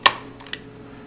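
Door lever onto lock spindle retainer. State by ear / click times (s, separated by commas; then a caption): seated / 0.1 s. A metal door lever on a PLS Grade 2 Entry Function lever lock is slipped over the spindle, its retainer hole lined up with the spring retainer, and pushed until it catches. A sharp, bright click lands at 0.1 s, followed by two fainter ticks at about 0.5 s. The lever is seated, snapped onto the spindle retainer.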